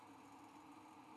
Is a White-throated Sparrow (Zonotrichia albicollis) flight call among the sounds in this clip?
no